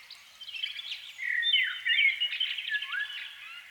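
Canary song, brief: a short warbled phrase of chirps and sweeping whistles that rises in loudness, then fades.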